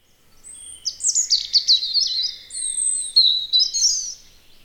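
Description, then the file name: European robin singing a rich, varied phrase of high liquid whistles, fast descending trills and thin sustained notes, changing pitch throughout. Spring. "punarind"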